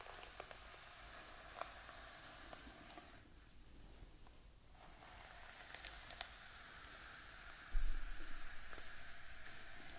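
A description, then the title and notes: Hair being played with for ASMR: a steady, soft crackling rustle, bright and fizzy like a light sizzle, dotted with tiny clicks. The rustling thins out briefly around the middle, and a low bump near the eight-second mark leaves it slightly louder afterward. ASMR Playing with Your Hair.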